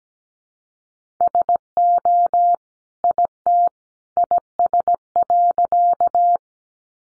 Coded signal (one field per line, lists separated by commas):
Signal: Morse code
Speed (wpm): 17 wpm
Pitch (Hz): 700 Hz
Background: none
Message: SO IT IS.